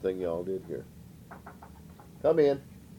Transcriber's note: knock on the door